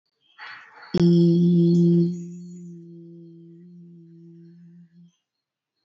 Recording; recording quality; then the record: sustained vowel as in beet; excellent, no background noise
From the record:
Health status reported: exposed to COVID-19, no respiratory illness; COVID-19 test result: negative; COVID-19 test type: RT-PCR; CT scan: not taken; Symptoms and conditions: none ticked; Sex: female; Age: 22 years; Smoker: no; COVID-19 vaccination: none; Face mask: worn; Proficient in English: yes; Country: India